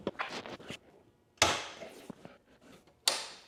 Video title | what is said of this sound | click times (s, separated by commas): Harley Davidson 2024 Road Glide King Tour-Pack Install Docking Hardware Kit & Lock Adjustment #434 | oh you hear those two clicks oh I love it | 1.4 s, 3.1 s